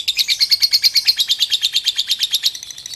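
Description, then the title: Oriental magpie-robin song: a fast, steady trill of high, clipped notes that runs throughout and fades slightly at the end. Chirping song. "Kicau Kacer"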